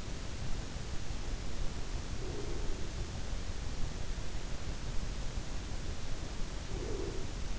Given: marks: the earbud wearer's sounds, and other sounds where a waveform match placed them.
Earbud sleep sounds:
sounds in sleep by an in-ear microphone; breath
2.03-3.07 s: breath
6.36-7.59 s: breath

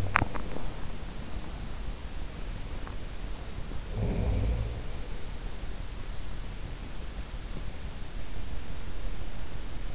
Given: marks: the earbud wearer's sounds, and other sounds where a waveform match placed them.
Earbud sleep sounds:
sounds in sleep by an in-ear microphone; teeth grinding
0.00-0.46 s: teeth grinding
3.56-5.10 s: sound from someone else or the room

